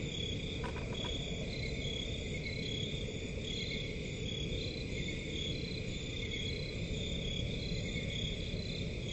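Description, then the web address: Cricket chorus with continuous high trilling bands and rhythmic pulsed chirps, a short burst of ticks early on, over steady low rumble. Crickets in a forest at night. "Forest and crickets at night. صدای-آرامبخش-جنگل-و-جیرجیرک"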